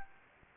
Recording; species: mosquito wingbeat signal from an infrared sensor; Anopheles arabiensis